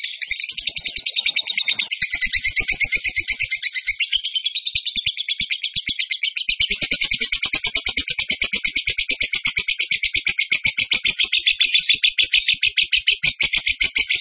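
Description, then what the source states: Bird song, a long fast rattling series of shrill chattering notes that keeps going for the whole fourteen seconds with slight changes in pace. Training song for songbirds, in the tembakan gacor style.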